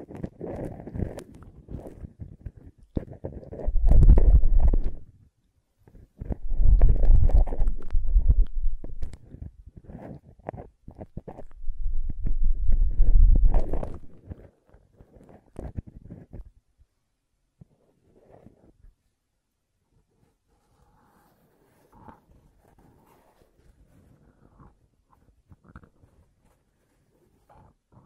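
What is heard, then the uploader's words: Ear cleaning and blowing: rough, muffled rubbing and scraping with heavy low thumps, loudest in three surges around 4, 7 and 13 seconds. After about 16 seconds it drops to near silence, leaving only faint, sparse soft clicks and light taps. ASMR Ear Cleaning and Blowing (No Talking).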